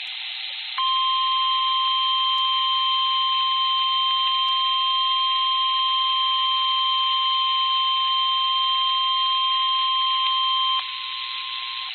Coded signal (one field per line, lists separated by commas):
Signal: Emergency Alert System (SAME) tones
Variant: 1050 Hz attention tone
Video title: Flash Flood Warning (Streamed) (EAS Alert #587)